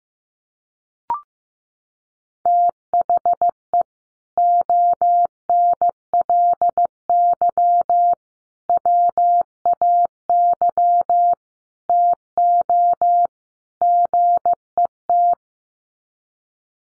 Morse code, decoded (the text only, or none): THE ONLY WAY TO GET